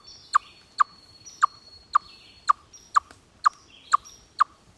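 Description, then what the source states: Chipmunk giving a string of clipped chuck notes, evenly spaced about half a second apart, while a thin high bird whistle and chirps sound faintly. Aerial predator alarm call.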